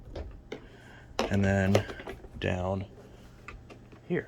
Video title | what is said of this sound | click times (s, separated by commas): Bissell 12B1 PowerForce Helix Reassembly & Testing | click it up into this little channel, | 0.5 s